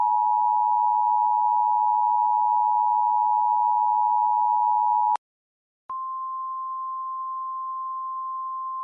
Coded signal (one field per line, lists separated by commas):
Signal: Emergency Alert System (SAME) tones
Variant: 853 and 960 Hz attention tone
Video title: EAS Classic: The EAS Interrupts GSN